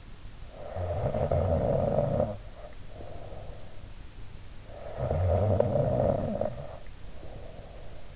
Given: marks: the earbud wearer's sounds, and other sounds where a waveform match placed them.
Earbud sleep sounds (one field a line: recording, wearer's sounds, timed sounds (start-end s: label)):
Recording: sounds in sleep by an in-ear microphone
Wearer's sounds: snoring breath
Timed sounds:
0.51-4.05 s: snoring breath
4.57-8.16 s: snoring breath